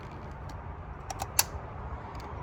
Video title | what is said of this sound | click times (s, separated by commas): Hyundai Tucson - lower radiator adapter replacement - OEM parts hope this works! | And it just clicks into place. | 1.4 s